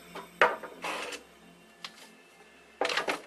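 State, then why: Seated. A prototype plastic barrel extension is fitted onto a toy foam blaster and locks into place with a sharp click at 0.4 s. Scraping handling sounds follow, then a faint tap near 1.9 s and a final burst of rattling around 2.8–3.1 s.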